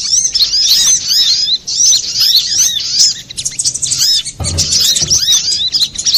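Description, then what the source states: Little spiderhunter song, a continuous high squeaky chatter at first, then broken bursts, with a low knock later on. Master recording for training cage birds.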